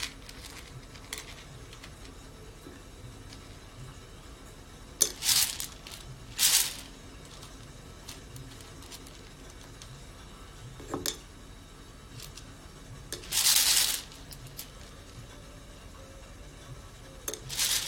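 Raw coffee beans being roasted: a low steady hiss runs throughout, broken by a few short bright rattling bursts near 5, 6.5, 11, 13.5 and 17.5 seconds.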